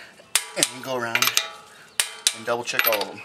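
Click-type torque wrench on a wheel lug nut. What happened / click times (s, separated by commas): Torque wrench clicks at its set torque on a nut / 0.4 s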